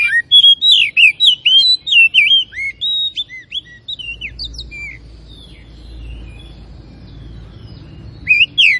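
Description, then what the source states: Oriental magpie-robin delivering a fast series of loud, clear whistled notes and slurs for about four seconds, then softer scattered notes and a final brief phrase. Kacer of the Tretes type, described as gacor (singing vigorously).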